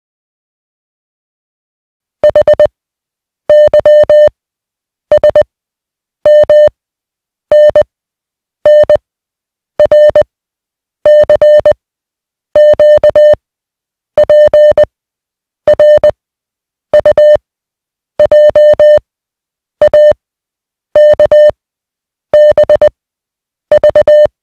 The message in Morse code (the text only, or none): H Y S M N N R C Q P R U J A K B V